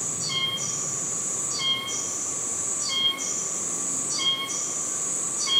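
Oshima cicada producing long, shrill buzzy phrases that break into short clear tones, repeating at an even pace of a bit over one second.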